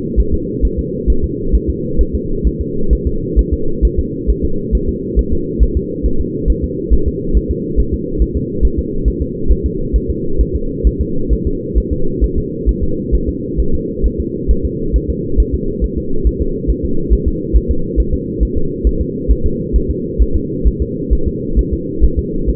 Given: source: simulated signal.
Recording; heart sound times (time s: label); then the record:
fetal heart sounds
0.20 s: S1
0.34 s: S2
0.65 s: S1
0.79 s: S2
1.10 s: S1
1.24 s: S2
1.55 s: S1
1.70 s: S2
2.01 s: S1
2.15 s: S2
2.47 s: S1
2.61 s: S2
2.93 s: S1
3.07 s: S2
3.39 s: S1
3.53 s: S2
3.85 s: S1
3.99 s: S2
4.30 s: S1
4.45 s: S2
4.75 s: S1
4.89 s: S2
5.19 s: S1
5.33 s: S2
5.63 s: S1
5.77 s: S2
6.06 s: S1
6.21 s: S2
6.50 s: S1
6.64 s: S2
6.93 s: S1
7.08 s: S2
7.37 s: S1
7.51 s: S2
7.80 s: S1
7.94 s: S2
8.22 s: S1
8.37 s: S2
8.65 s: S1
8.79 s: S2
9.08 s: S1
9.22 s: S2
9.52 s: S1
9.66 s: S2
9.96 s: S1
10.10 s: S2
10.41 s: S1
10.56 s: S2
10.87 s: S1
11.01 s: S2
11.33 s: S1
11.47 s: S2
11.78 s: S1
11.93 s: S2
12.24 s: S1
12.38 s: S2
12.69 s: S1
12.83 s: S2
13.15 s: S1
13.29 s: S2
13.60 s: S1
13.75 s: S2
14.06 s: S1
14.20 s: S2
14.51 s: S1
14.65 s: S2
14.96 s: S1
15.10 s: S2
15.40 s: S1
15.54 s: S2
15.84 s: S1
15.98 s: S2
16.27 s: S1
16.41 s: S2
16.70 s: S1
16.85 s: S2
17.13 s: S1
17.28 s: S2
17.56 s: S1
17.71 s: S2
18.00 s: S1
18.14 s: S2
18.43 s: S1
18.57 s: S2
18.87 s: S1
19.01 s: S2
19.31 s: S1
19.46 s: S2
19.76 s: S1
19.91 s: S2
20.22 s: S1
20.36 s: S2
20.67 s: S1
20.82 s: S2
21.13 s: S1
21.28 s: S2
21.59 s: S1
21.73 s: S2
22.04 s: S1
22.19 s: S2
22.50 s: S1
From the record:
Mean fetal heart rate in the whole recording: 135 bpm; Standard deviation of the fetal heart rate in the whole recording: 3 bpm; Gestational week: 34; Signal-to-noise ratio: -8.1 dB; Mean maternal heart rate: 72 bpm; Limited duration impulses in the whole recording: absent